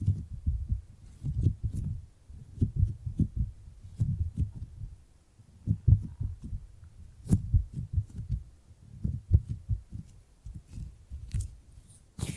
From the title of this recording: Tingly Gripping and Grabbing Sounds